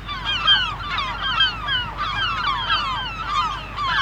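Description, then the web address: Many gulls screaming together, sharp downward-sliding cries repeated rapidly and layered over one another. Screaming gulls in the dunes. "KMP Film Video Sound Effects - Krijsende Meeuwen In De Duinen"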